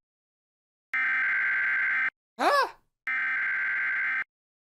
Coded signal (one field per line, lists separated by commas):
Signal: Emergency Alert System (SAME) tones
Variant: header bursts